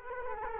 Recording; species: mosquito wingbeat signal from an infrared sensor; Culex quinquefasciatus